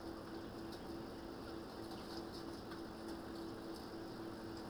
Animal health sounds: poultry house recording; healthy chickens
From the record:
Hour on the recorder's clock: 21

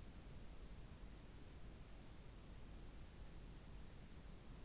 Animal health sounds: poultry house recording; no chicken sound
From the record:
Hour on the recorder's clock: 0

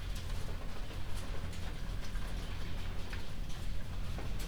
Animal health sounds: poultry house recording; no chicken sound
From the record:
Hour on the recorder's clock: 21

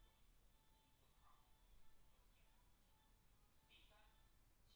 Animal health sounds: poultry house recording; no chicken sound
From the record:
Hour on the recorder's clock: 17

